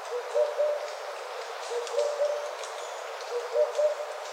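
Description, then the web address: Oriental cuckoo calling soft paired hoots on one low pitch, each pair repeated roughly every one and a half seconds over steady background noise. Recorded on 4 June 2013. "birdenaga tutudori"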